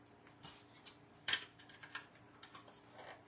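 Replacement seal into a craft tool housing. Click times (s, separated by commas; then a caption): 1.3 s. A replacement seal is fitted into a crafting tool housing after residue is cleaned off the old spot. Among faint ticks and light handling sounds, a sharp snap at 1.3 seconds marks the seal seating in place.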